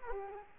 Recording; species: mosquito wingbeat signal from an infrared sensor; Culex quinquefasciatus